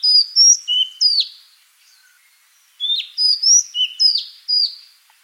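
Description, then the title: Madagascar magpie-robin song of loud whistled and slurred notes in two phrases, with a quiet gap between them. "Suara Kacer Madagaskar. suara burung kacer madagaskar"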